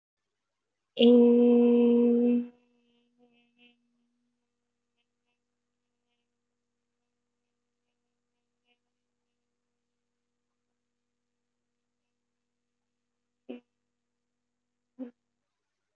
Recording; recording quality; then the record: sustained vowel as in made; moderate, slight background noise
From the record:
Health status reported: recovered from COVID-19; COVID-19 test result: positive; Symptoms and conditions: cough, cold, fever, fatigue, muscle pain, loss of smell and taste, diarrhoea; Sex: female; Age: 23 years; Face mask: not worn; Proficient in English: yes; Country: India